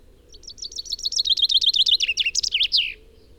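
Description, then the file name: Common chaffinch song: a rapid series of high notes that descends in steps, ending in a brief flourish, about two and a half seconds long. "Fringilla coelebs"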